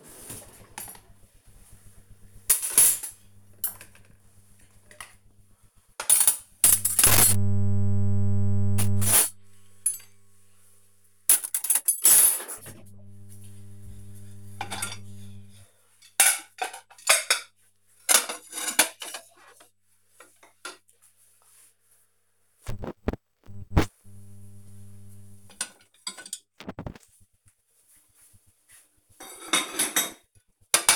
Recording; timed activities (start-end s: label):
household activities, microphone on the right wrist
0.00-30.96 s: cleaning out the dishwasher